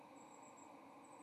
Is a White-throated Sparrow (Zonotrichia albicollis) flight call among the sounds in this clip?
no